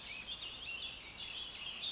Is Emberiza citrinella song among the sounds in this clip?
no